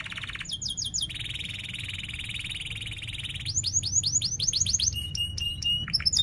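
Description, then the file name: Canary singing a chain of trills: quick sweeping notes, a long steady buzzy roll, then rapid repeated chirps and sharp clicky notes. Canary singing vigorously (gacor), with 'cuit-cuit' chirps and sharp rolling trills (ngerol). "Suara Kenari Gacor Cuit Cuit Ngerol Tajam"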